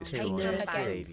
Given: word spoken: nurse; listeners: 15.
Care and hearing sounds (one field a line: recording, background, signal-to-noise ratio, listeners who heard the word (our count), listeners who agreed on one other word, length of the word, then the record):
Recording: one English word in noise, from a listening test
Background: four-talker babble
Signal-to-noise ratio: -2.7 dB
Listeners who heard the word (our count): 0 of 15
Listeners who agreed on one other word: 6 of 15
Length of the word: 0.73 s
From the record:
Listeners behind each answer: 6, 5, 1, 1, 1, 1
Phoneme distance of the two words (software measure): 49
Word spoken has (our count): 1 syllable, 3 phonemes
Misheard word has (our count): 2 syllables, 6 phonemes, stress on syllable 1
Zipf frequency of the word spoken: 4.50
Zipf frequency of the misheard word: 3.61